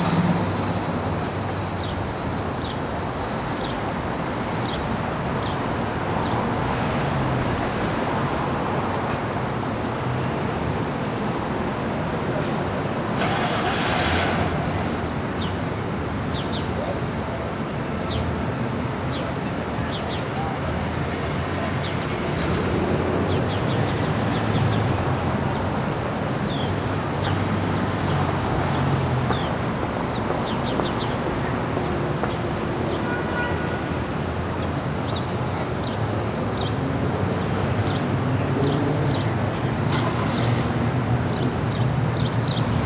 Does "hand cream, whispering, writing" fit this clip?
no